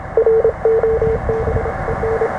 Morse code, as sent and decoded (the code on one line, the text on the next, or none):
.-. --- -... . -.
ROBEN